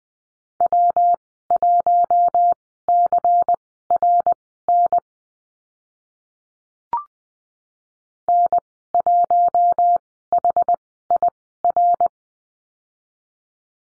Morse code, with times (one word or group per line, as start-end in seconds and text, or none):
0.6-5.0 W1CRN
8.3-12.1 N1HIR